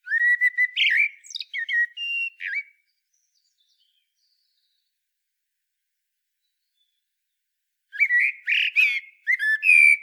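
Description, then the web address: Common blackbird with a rich, fluty warbled phrase, a long silence, then a second whistled phrase with thin, high squeaks. "SETE data Turdus merula"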